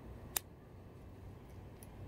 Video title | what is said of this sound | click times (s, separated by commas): Pop Swatch comparison! Old vs. New, plus tutorial on how to switch Pop Swatch bands | get a little click | 0.4 s